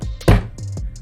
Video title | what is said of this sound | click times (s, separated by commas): How-To: Sig Sauer P365 Grip Replacement | all right and you should have heard it it'll click out of there once it clicks out of there boom | 0.3 s